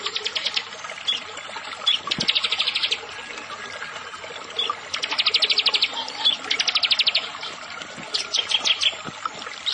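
Bar-winged prinia song: bursts of rapid, high buzzy notes in fast trills, repeated several times, over a soft background hiss.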